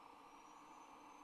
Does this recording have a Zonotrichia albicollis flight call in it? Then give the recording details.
no. No flight call is heard. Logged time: 07:57 on 26 November 2014